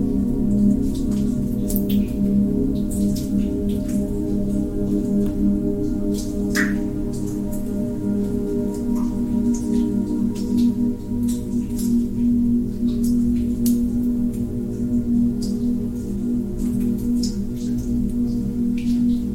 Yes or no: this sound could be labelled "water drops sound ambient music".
yes